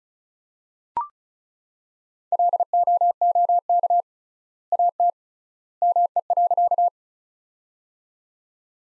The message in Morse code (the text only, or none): LOOK AT ME.